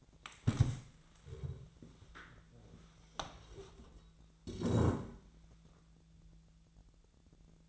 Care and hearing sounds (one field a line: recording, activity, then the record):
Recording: daily activity, microphone in the room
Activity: stand up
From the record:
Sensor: 3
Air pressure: 1000.4 hPa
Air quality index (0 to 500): 168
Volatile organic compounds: 3 ppm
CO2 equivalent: 1466 ppm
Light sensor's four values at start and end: 15/35/15/16 and 15/35/15/16